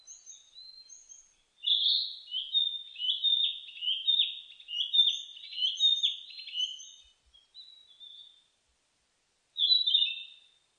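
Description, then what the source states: Narcissus flycatcher song: one extended phrase of quick warbled and whistled notes, then a brief pause and a short fresh burst of song. Recorded on 15 May 2004.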